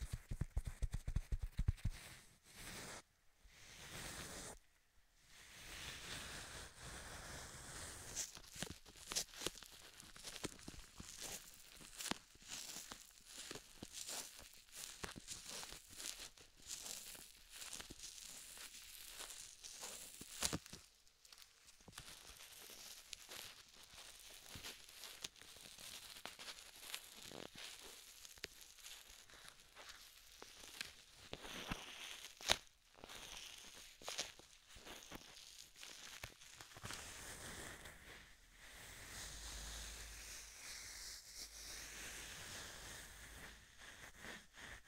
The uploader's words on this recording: ASMR Binaural Triggers Ear to Ear Cupping, Tapping with Gloves (3DIO).